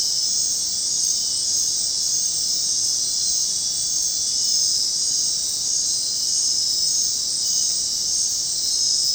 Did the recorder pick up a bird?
no